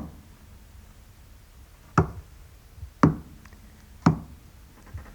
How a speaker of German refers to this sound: Ich kann ihn auch so klatschen.